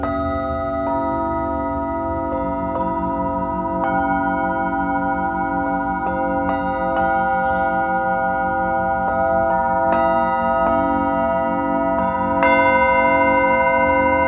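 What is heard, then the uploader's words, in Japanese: Tibetan singing bowls ring in long, sustained overlapping tones with a low hum, struck anew every second or two with soft metallic taps. 深夜の シンギングボウルのサウンドヒーリング。チベタンシンギングボウルのサウンドヒーリングLiveアーカイブです。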